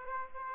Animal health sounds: mosquito wingbeat signal from an infrared sensor; Aedes aegypti

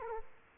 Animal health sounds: mosquito wingbeat signal from an infrared sensor; Aedes aegypti

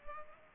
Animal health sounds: mosquito wingbeat signal from an infrared sensor; Culex pipiens

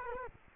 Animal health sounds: mosquito wingbeat signal from an infrared sensor; Culex quinquefasciatus

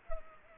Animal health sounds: mosquito wingbeat signal from an infrared sensor; Culex pipiens

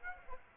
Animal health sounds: mosquito wingbeat signal from an infrared sensor; Aedes aegypti

